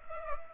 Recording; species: mosquito wingbeat signal from an infrared sensor; Culex pipiens